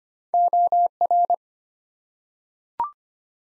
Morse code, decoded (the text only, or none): OR